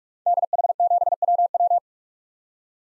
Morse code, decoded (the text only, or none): DH7WW